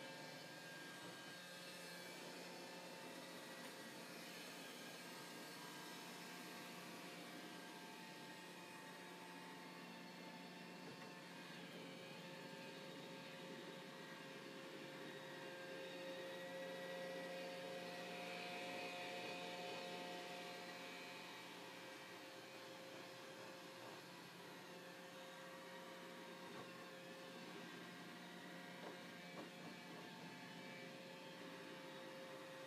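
A robot vacuum hums steadily as it roams, its motor whine holding an even pitch with a bright hiss above. Around the middle the tone rises slightly and grows a little louder before settling back to the same drone.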